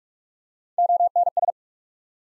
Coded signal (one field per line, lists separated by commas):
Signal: Morse code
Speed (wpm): 44 wpm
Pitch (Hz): 700 Hz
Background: none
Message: ONS